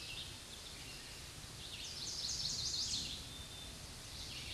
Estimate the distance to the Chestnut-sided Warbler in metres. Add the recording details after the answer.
about 25 m. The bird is about 5 m above the microphone. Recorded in a Pennsylvania forest on 16 May 2024 at 06:53. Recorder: AudioMoth, point MSD-1539. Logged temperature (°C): 16.0 °C. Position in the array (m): 150 m, -1 m